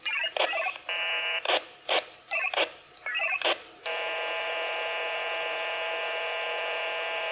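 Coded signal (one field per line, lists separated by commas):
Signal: HF data modem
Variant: VARA FM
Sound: several short hissing and warbling bursts, then a continuous dense buzzing chord of many tones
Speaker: and there you have it guys there's vara fm running on the raspberry pi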